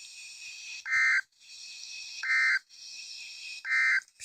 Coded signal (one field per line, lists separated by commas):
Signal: Emergency Alert System (SAME) tones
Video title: EAS 48 and 49 Tornado Warnings in Mississippi